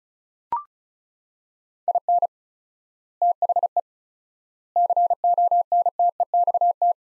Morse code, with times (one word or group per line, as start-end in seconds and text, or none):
1.9-2.3 IN
3.2-3.8 THE
4.8-6.9 CONTEXT